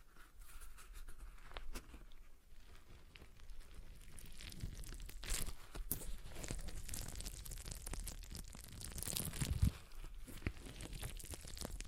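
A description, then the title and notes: A stress ball is squeezed and kneaded, giving a dense, continuous stream of soft crinkling and crunching with small crackles throughout. The texture grows busier and slightly louder after the first few seconds, with a sharper pop near nine and a half seconds. ASMR Relaxing Stress Ball Sounds (No Talking).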